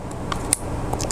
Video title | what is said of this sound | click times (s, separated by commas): Dan Wesson 1911 Review!! | ready tiny little click | 0.5 s